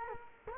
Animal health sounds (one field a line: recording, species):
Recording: mosquito wingbeat signal from an infrared sensor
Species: Culex quinquefasciatus